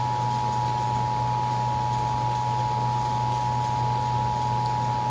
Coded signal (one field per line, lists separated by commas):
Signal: Emergency Alert System (SAME) tones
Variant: 853 and 960 Hz attention tone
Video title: EAS Tornado Warning - 07/19/2019